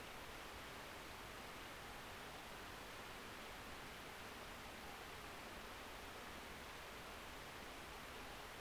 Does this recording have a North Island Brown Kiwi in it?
no